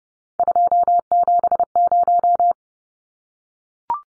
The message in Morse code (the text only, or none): 270